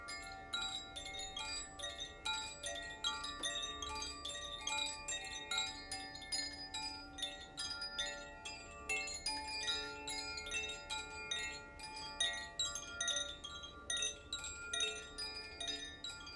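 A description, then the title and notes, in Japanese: Koshi and Zaphir chimes played continuously, dense overlapping bright metallic tones ringing and decaying, with frequent soft strikes throughout and a faint low hum. コシチャイムとザフィアチャイムの演奏です。キラキラした感じがします。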